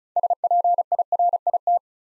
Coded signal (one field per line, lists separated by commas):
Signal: Morse code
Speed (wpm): 36 wpm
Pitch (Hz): 700 Hz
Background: none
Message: SPIRIT